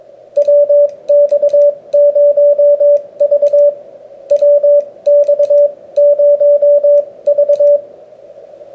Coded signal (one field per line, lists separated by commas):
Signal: Morse code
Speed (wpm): 26 wpm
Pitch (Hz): 580 Hz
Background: radio noise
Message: WX0V WX0V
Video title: Coat Hanger 10m Vertical Antenna